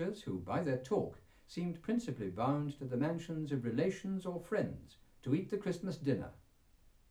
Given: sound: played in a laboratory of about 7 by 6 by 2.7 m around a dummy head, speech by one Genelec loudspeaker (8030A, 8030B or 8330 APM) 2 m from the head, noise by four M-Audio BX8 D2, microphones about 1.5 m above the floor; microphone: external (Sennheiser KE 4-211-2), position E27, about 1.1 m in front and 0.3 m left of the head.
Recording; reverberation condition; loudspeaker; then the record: male speech in English; low; 90 degrees to the right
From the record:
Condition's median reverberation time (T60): about 310 ms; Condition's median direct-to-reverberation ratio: about 3.5 dB